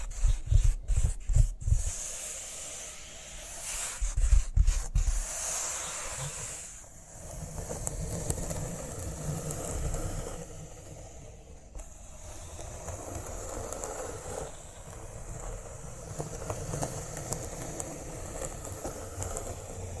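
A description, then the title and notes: Cork being handled: sharp tapping and scraping bursts in the first five seconds, then steady soft rubbing and brushing with occasional light clicks. ASMR Cork Triggers. (No Talking).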